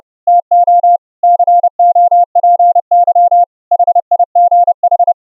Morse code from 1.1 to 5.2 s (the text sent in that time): COPY HIGH